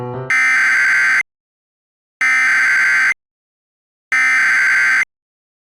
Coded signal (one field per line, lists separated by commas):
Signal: Emergency Alert System (SAME) tones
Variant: header bursts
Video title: TGC - An EAS Scenario